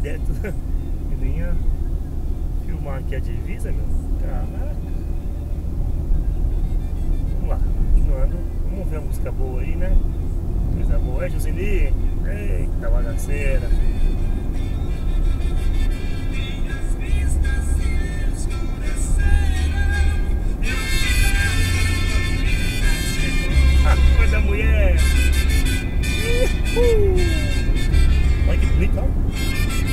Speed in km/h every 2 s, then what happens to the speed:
53, 55, 57, 58, 61, 64, 67, 69, 71, 73, 76, 77, 78, 80, 81.
0-30 speeds up to 81.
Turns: none.